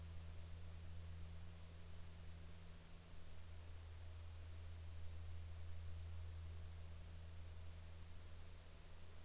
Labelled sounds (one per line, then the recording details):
aircraft
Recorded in the Arctic National Wildlife Refuge, Alaska, on 8 July 2019 at 03:51
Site 40